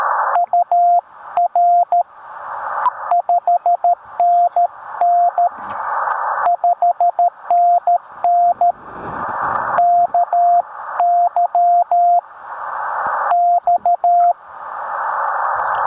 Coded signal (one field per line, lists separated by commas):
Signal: Morse code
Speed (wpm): 13 wpm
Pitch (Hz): 700 Hz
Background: radio noise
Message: UR 5NN 5NN KY X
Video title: Camping, Coffee, and a K2: Morning QRP POTA activation at Lake Norman State Park!